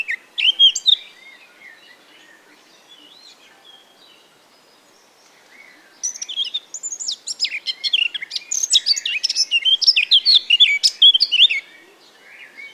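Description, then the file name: Eurasian blackcap song: a short scratchy phrase, a quiet pause of several seconds, then a long, rich warble of rapid varied notes. "Sylvia atricapilla"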